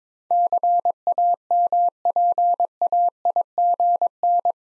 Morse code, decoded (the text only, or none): CAMPAIGN